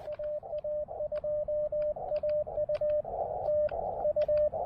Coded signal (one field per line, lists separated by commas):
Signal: Morse code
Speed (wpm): 20 wpm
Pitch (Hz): 600 Hz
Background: radio noise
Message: AA2AU TU